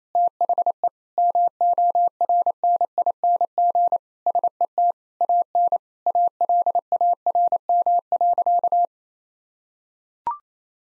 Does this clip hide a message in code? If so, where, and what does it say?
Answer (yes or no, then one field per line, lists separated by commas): yes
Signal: Morse code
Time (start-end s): 0.1-8.8 s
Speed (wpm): 28 wpm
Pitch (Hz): 700 Hz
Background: none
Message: THE MORNING SET AN ALARM.